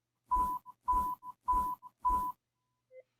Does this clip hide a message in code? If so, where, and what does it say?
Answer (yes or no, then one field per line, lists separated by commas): no